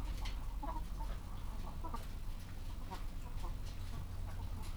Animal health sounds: poultry house recording; sick chickens (respiratory disease)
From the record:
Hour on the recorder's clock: 15

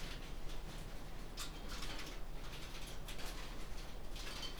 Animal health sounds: poultry house recording; no chicken sound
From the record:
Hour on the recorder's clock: 18

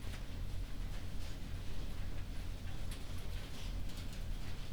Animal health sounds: poultry house recording; no chicken sound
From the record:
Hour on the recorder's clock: 22

